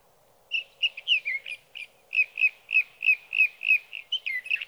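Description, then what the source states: Sage thrasher song: a steady stream of rapid warbled and slurred notes, over a faint low hum. Male singing through the night near his night roost, evening of June 12 to morning of June 15, 2018, Sierra Valley, California; Swift recorder.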